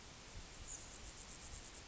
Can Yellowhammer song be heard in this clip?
no